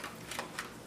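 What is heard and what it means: A plastic inner tab inside a toy crown is pulled up and snaps into place. Two short, sharp clicks are heard at 0.4 s and 0.6 s over a quiet background. The tab is seated.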